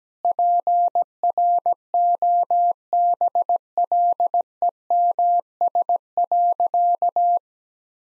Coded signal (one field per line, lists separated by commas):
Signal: Morse code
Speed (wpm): 17 wpm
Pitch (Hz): 700 Hz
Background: none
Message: PROBLEMS.